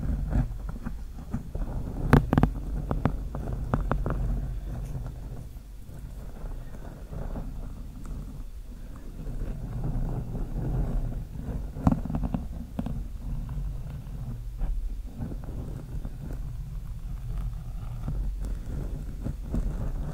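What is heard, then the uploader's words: Slow scratching on a microphone with long nails, a dense, rumbling scrape that stays heavy in the low end throughout. Sharp clicks and brighter scratches break through now and then, most notably around two and twelve seconds, over a steady rustle. 30 MINS OF SLOW MIC SCRATCHING W LONG NAILS.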